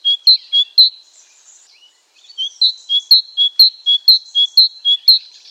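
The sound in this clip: Great tit giving ringing two-note song phrases: a short run, a brief pause, then a longer steady series of repeated phrases.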